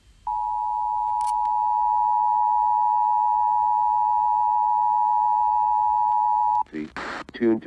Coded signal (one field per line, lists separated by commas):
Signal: Emergency Alert System (SAME) tones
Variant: 853 and 960 Hz attention tone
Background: speech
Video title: Shasta Tested Early... (EAS #2201-2203)